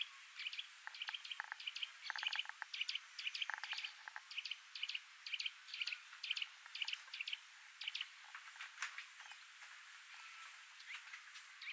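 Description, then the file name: Eurasian nuthatch calling with rapid, high, clipped notes in clusters, busiest early then thinning out, over faint hiss. "Sitta europaea"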